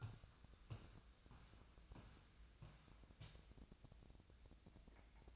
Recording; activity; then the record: daily activity, microphone in the room; walk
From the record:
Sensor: 2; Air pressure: 1012.0 hPa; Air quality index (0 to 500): 174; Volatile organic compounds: 2 ppm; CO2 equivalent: 1266 ppm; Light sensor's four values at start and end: 40/108/46/51 and 42/110/47/52